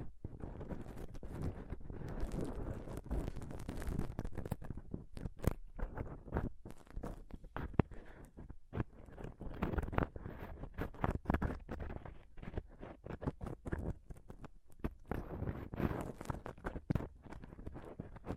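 Fingers scratch and rub directly on a microphone in a dense, continuous stream of rough, crackly contact noise. The sound is mostly low and thick, broken by frequent sharp taps and crunchy bursts arriving several times a second, irregular throughout with no pauses.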